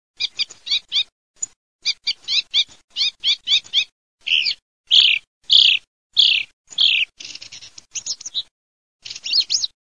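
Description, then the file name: Thrush song: bright, varied phrases of quick high notes, some clipped and chattering, others longer and slurred, given in bursts with short pauses between them. "TORDO"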